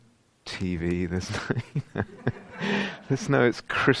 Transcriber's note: laughter